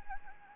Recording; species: mosquito wingbeat signal from an infrared sensor; Anopheles gambiae